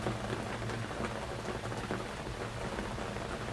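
Light drizzle pattering steadily, a soft continuous wash of raindrops with scattered small ticks, no voices and nothing else standing out.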